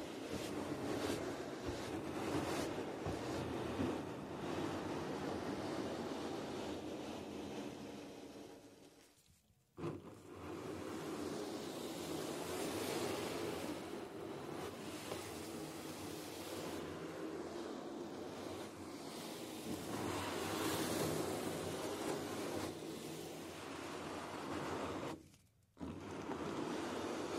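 Scratching and brushing on a drum makes a dense, continuous rushing hiss with a low, woody body underneath. The texture swells and eases in long strokes, with fine rapid grit throughout. It stops abruptly near ten seconds and again around twenty-five, each time resuming right away.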